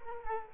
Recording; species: mosquito wingbeat signal from an infrared sensor; Culex quinquefasciatus